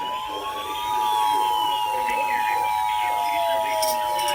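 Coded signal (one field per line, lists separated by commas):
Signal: Emergency Alert System (SAME) tones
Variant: 853 and 960 Hz attention tone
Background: speech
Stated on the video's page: NOAA Weather Radio alerts.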